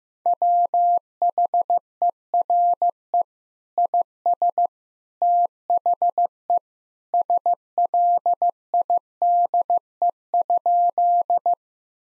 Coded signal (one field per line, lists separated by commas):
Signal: Morse code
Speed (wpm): 15 wpm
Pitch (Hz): 700 Hz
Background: none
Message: WHERE IS THE SLIDE?